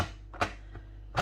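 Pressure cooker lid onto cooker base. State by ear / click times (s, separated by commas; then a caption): not seated / none. The pressure lid of a 5.7-litre Duo 7-in-1 Instant Pot electric pressure cooker is being turned on the cooker's pot, with light scraping and tapping handling noises around 0.4 s, 0.75 s and 1.2 s over a low steady hum. The lid is still being handled and has not locked into place yet; nothing has seated or clicked.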